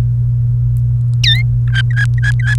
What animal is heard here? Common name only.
Domestic Canary